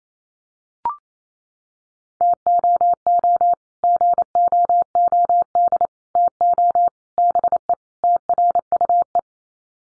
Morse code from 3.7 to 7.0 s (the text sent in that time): GOOD TO